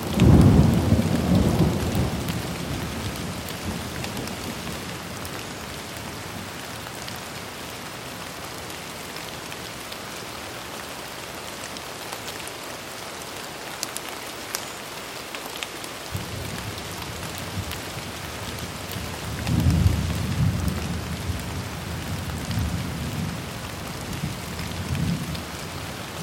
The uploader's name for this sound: Rain Sound On Window Car with Thunder Sounds